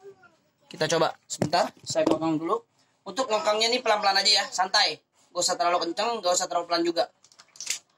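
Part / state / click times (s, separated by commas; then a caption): airsoft pistol slide and its cocking catch / seated / 7.7 s. Someone talks while racking the slide of an airsoft Desert Eagle replica pistol at a moderate speed, neither too hard nor too slow. A short burst of mechanical clatter ends in a click at 7.7 s as the slide's cocking catch engages and the pistol is cocked.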